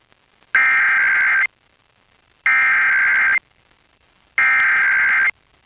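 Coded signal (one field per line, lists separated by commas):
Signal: Emergency Alert System (SAME) tones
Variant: header bursts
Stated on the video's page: Real EAS Required Monthly Tests received off air from FM broadcast stations and translators in Pennsylvania.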